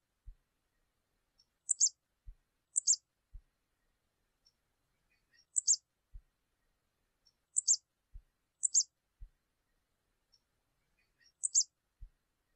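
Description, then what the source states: Canary giving crisp two-part high chirps every few seconds, with faint clicks between. Portuguese canary breed.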